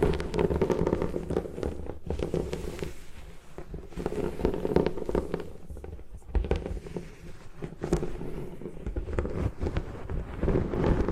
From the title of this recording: Destroy Gym Chalk